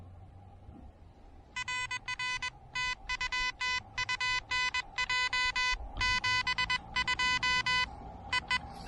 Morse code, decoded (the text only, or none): RR TU TU NJ 72 EE